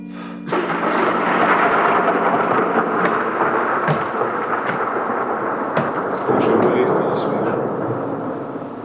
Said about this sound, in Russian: Дождж будзе, Ліда. Будзе. Спыні дождж, Ліда.